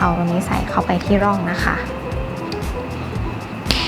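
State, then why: Released. Someone talks over music while a flat tool is pushed into the side slot of a Mazda car remote key fob and twisted to pry the plastic case halves apart. A sharp loud click is heard at 3.7 seconds as the case's lock clip releases and the fob clicks open, not the plastic breaking.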